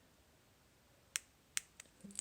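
The notched tension screw in the pivot of metal hair-cutting shears is tightened one or two more notch positions with a tool. Two loud, sharp clicks sound at 1.2 s and 1.6 s, followed by a few softer ticks. The screw clicks into its next notch.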